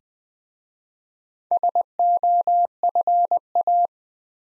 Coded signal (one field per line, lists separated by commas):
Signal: Morse code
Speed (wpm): 20 wpm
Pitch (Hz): 700 Hz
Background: none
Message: SOFA